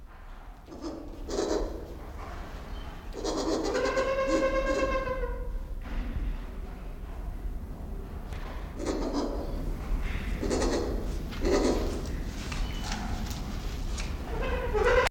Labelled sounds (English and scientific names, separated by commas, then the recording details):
White-crowned Hornbill (Berenicornis comatus)
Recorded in captivity
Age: adult
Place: Zoo Berlin, Berlin, DE
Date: 1992-12-05 11:42
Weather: schwach sonnig, ca. 4°C
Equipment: Marantz CP 430, Sennheiser ME 80, Kopie Tesla B 116
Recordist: Tembrock, Günter